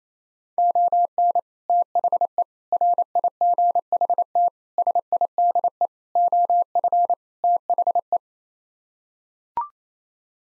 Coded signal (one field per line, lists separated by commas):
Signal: Morse code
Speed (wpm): 28 wpm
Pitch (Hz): 700 Hz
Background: none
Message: ON THE RIGHT SIDE OF THE